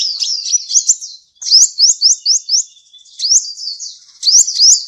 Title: Kicau Kacer